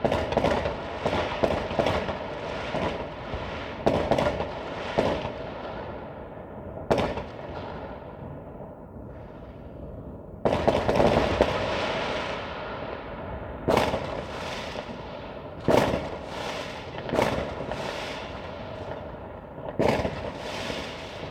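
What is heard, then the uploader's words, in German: New Year's Eve fireworks crack and bang in irregular bursts, with sharp loud reports around 1, 4, 7, 10.5, 14, 16, 17.5 and 20 seconds. Between the blasts a dense, rumbling wash of smaller crackles and pops continues, thinning briefly near 8–10 seconds before surging again. Silvesternacht: Feuerwerk und Freude.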